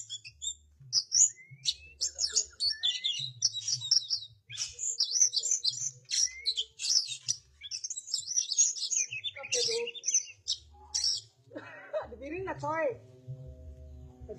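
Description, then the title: Oriental magpie-robin song: rich, varied phrases of high whistles, scratchy trills and chattering notes, ending in lower, slurred, rising and falling whistles, over a low steady hum. "Kacer"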